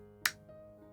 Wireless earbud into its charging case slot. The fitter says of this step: 이렇게 소리 날 때까지 눌러줘야 돼요.